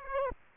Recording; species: mosquito wingbeat signal from an infrared sensor; Aedes aegypti